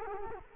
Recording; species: mosquito wingbeat signal from an infrared sensor; Culex quinquefasciatus